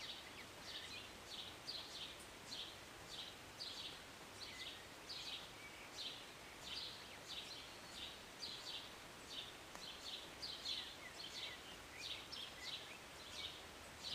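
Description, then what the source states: Birds chirping, bright short notes repeated throughout, over a continuous soft hiss. Birds singing and chirping in short morning rain, recorded on a city balcony on a Sunday morning.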